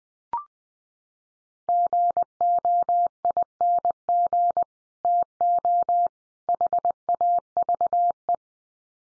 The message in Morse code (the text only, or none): GOING TO HAVE